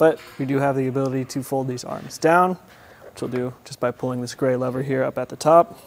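Someone talks while the arms of a hitch-mounted Yakima RidgeBack 4-bike rack on a 2022 GMC Sierra 1500 are being folded down by pulling up the gray lever at the top. The arms are being handled, but nothing has clicked or latched into the folded-down position yet.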